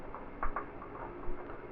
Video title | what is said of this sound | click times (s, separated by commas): ZEBSTER 19 Inch Led Monitor Review - വന്നല്ലോ അടിപൊളി monitor | press ചെയ്യുമ്പോൾ ഒരു ക്ലിക്ക് സൗണ്ട് കേൾക്കണം എന്നിട്ട് | 0.4 s